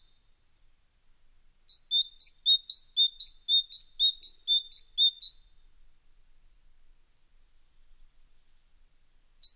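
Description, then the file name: Great tit singing a bright, ringing two-note phrase, high then lower, repeated several times in quick regular rhythm before stopping, then one more note after a long pause. "Musvit"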